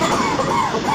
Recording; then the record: coughing mixed with background sound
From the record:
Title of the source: Spring Cold Coughing 2